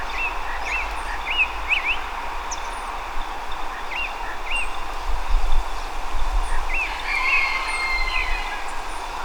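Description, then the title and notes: Tropical mockingbird singing short arched and rising whistled notes in small scattered bursts, against a constant low rumble. Bird recorded at Estación de la Sábana, Bogotá, October 2024, in the morning during a bird inventory, using a Zoom H5 recorder; locally called Mirla Blanca or Sinsonte. "Mirla Blanca o Sinsonte (Mimus gilvus). Bogotá, octubre del año 2024. en horas de la mañana"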